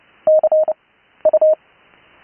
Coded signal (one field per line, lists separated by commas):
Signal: Morse code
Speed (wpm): 30 wpm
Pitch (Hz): 620 Hz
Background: none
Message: CU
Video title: Learn Morse Code on HF | Live 80m CW | Speed Increase